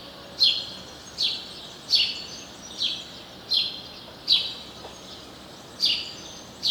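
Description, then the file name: House sparrow calling with repeated short, harsh chirps, about eight in a loose rhythm, varying slightly in loudness, against faint steady hiss. "Passer domesticus"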